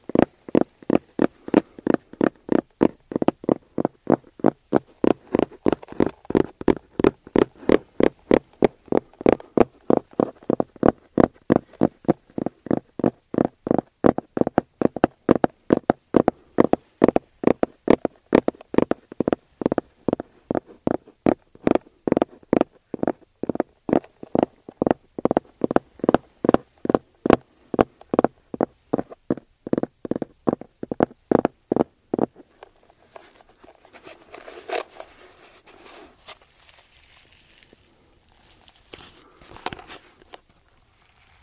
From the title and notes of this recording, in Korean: ASMR 노토킹 아로마오일, 케이스 탭핑.